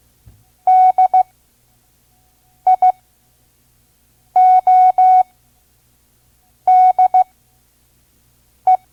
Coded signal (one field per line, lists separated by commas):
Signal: Morse code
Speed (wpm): 16 wpm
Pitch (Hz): 740 Hz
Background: none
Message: DIODE